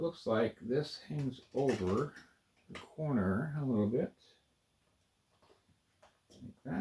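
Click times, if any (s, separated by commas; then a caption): none. A plastic building-brick corner piece is handled at the corner of a brick model while someone talks, with only a faint tap near 6.0 s. Nothing has seated or clicked yet.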